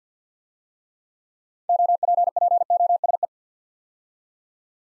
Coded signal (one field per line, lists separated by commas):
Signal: Morse code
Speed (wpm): 48 wpm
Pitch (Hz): 700 Hz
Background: none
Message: OPPOSE